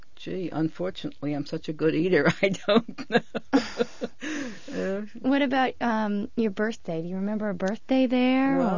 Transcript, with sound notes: Gee, unfortunately I'm sure a good eater, I don't know. ( she laughs )
What about your birthday? Do you remember a birthday there, or?